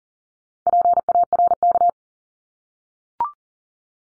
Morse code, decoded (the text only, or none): PARK